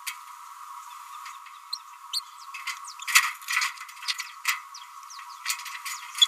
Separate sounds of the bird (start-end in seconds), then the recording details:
2.13-2.21, 6.21-6.27. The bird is a female. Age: 29 days. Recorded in a nest box in Venezuela. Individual 17B31A3